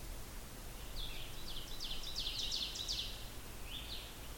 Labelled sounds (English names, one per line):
Ovenbird song